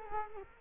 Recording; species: mosquito wingbeat signal from an infrared sensor; Culex quinquefasciatus